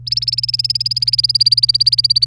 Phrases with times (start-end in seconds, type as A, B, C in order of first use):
0.07-2.25 A